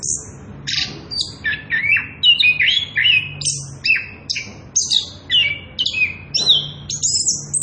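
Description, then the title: Orange-headed thrush singing a lively, varied run of whistled slurs and chirps, rising and falling rapidly throughout. Energetic rolling song at loud volume, used as a lure and as a training recording for tutoring young birds (trotolan). "Anis Kembang Gacor. pancingan anis kembang ngerol edan volume dasyattt cocok buat masteran trotolan"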